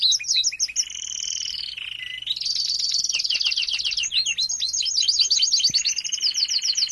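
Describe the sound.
Domestic canary song, dense and unbroken: layered high trills, chattering repeated notes and rolling buzzy phrases shifting quickly between tours.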